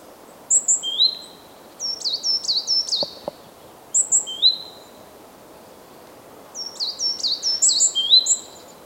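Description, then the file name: Great tit calls: repeated bursts of sharp, high notes and quick downward slides, separated by short pauses, with a couple of faint low knocks midway. "Parus major"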